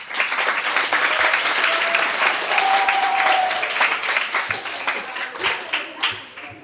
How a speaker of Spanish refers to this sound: muchas gracias por venir y un gran aplauso, por favor.